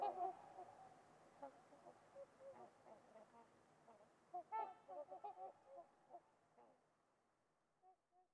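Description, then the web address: Trumpeter swans giving a run of soft honking calls, some overlapping, with a louder call midway and the calls fading toward the end. Winters Lake, a deep valley in winter, on a winter's eve. "Trumpeter Swans on a Winter's Eve. Winters Lake with Swan. Nick Mc Mahan. Wind Is the Original Radio"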